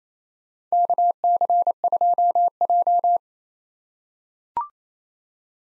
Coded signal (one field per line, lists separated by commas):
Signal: Morse code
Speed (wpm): 28 wpm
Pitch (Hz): 700 Hz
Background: none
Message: KC2J